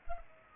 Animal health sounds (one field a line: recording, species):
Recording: mosquito wingbeat signal from an infrared sensor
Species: Culex pipiens